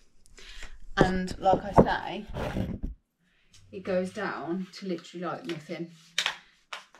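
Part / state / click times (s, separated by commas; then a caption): adjustable tripod leg section locking into the tripod body / seated / 6.7 s. Someone talks while collapsing a small adjustable phone tripod down to its shortest size. At 6.7 s a plastic leg section snaps into its locked position in the tripod body with a short, sharp click, and the section is seated in place.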